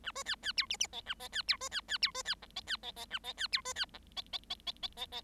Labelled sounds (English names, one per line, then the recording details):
Bengalese Finch song
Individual Bird7